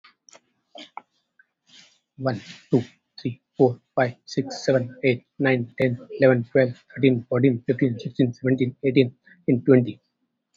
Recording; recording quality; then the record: counting at a fast pace; excellent, no background noise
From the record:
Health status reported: COVID-19 positive, moderate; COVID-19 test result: positive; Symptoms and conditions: cough, breathing difficulty, fever, muscle pain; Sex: male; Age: 43 years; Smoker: not ticked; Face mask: worn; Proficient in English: yes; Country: India